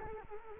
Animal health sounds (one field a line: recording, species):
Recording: mosquito wingbeat signal from an infrared sensor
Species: Culex quinquefasciatus